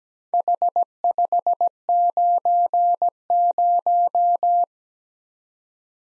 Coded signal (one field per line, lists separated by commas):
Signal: Morse code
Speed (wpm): 17 wpm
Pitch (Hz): 700 Hz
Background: none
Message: H590